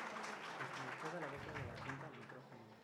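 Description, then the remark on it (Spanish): An audience at the Festival Flores Del Corazón claps steadily for the dancers, a dense continuous patter of many hands with crowd voices and some tonal sound mixed underneath, fading slightly toward the end. “Aplausos a los bailadores, cómo no.”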